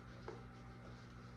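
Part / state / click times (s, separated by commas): meat grinder attachment into stand mixer attachment hub / seated / 0.3 s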